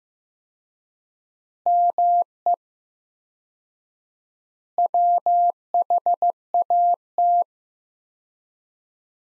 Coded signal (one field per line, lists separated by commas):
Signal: Morse code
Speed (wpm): 15 wpm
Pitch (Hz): 700 Hz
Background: none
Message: ME WHAT